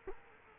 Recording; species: mosquito wingbeat signal from an infrared sensor; Culex quinquefasciatus